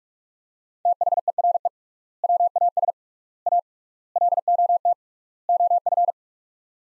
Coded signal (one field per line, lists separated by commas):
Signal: Morse code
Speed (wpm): 42 wpm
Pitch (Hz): 700 Hz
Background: none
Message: THERE WAS A LOT OF